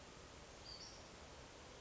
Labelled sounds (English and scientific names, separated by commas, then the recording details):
Western Flycatcher (Empidonax difficilis)
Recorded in Sonoma County, California